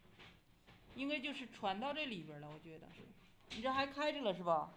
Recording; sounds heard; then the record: poultry house recording; no chicken sound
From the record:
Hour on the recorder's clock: 12